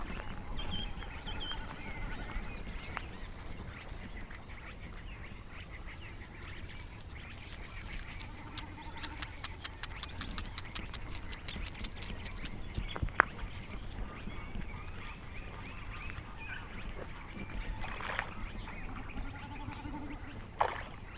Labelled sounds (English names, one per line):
Eurasian Beaver